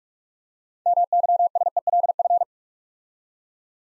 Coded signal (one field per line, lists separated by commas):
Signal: Morse code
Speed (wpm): 44 wpm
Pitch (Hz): 700 Hz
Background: none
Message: MYSELF